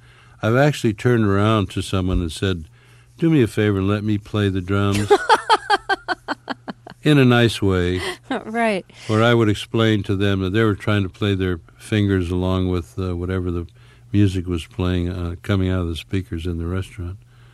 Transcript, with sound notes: I've actually turned around to someone and said, do me a favor, and let me play the drums...
(Laughter).
...In a nice way.
Right.
Or I would explain to them that they were trying to play their fingers along with whatever the music was playing coming out of the speakers in the restaurant.